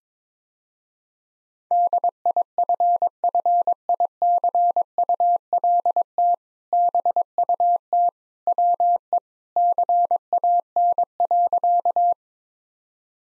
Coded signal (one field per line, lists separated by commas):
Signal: Morse code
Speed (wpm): 22 wpm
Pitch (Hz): 700 Hz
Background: none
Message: DIFFICULT BUT WE CAN.